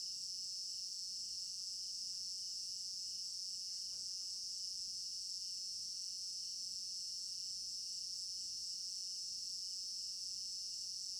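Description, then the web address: Many crickets chirping at once in a high continuous trill, with a few soft knocks scattered through. African village garden at night; stereo binaural recording. "African-Village Garden Night Crickets 03 Stereo-Binaural. immersive sound library"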